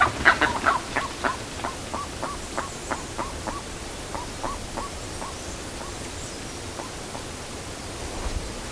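Bird giving short, repeated calls at an uneven pace of a few each second, over a steady, loud hiss.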